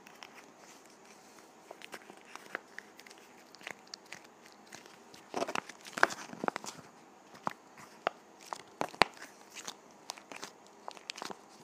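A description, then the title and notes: A lip gloss container being handled, with irregular sharp clicks and taps over a soft rustling hiss, busiest around six and nine seconds. ASMR Lip Gloss Container.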